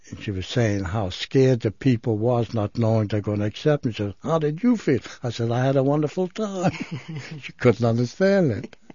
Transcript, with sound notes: she was saying how scared the people was, not knowing they were going to accept. She says, "How did you feel?" I said, "I had a wonderful time." ( he laughs ) She couldn't understand it.